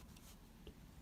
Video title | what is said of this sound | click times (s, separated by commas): Hot Wheels Star Wars General Grievous' Wheel Bike | pegging into port like so hear that click and just like that you're good to go | 0.7 s